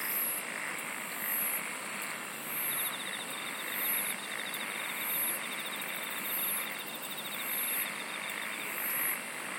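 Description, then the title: Insect chorus: a shrill high chirp repeats regularly over a steady buzzing hum, with a fast ticking trill running through the middle. "SINGING OF INSECTS"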